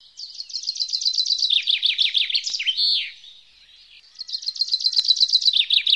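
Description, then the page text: Common chaffinch singing two phrases, each a rapid run of repeated chirps descending in pitch, the first closing with a slurred flourish, the second phrase starting after a brief pause. Breeding bird recorded in the Renkums Beekdal. "Vink – De natuur van het Renkums Beekdal"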